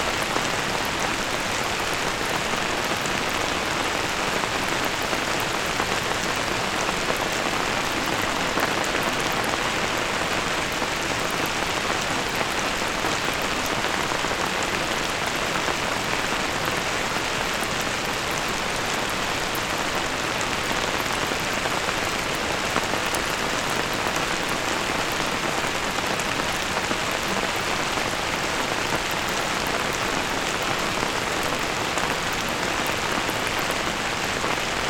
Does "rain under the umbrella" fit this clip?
yes